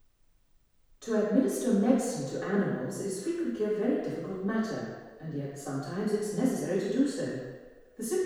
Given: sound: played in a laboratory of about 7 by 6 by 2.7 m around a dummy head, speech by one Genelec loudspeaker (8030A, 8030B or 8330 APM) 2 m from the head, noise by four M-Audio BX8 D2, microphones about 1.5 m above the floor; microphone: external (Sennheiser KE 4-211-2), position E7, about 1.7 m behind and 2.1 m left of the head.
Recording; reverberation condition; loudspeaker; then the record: female speech in English; high; 150 degrees to the right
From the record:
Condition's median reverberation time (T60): about 1300 ms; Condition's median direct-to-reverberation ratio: about -4.0 dB